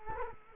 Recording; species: mosquito wingbeat signal from an infrared sensor; Culex quinquefasciatus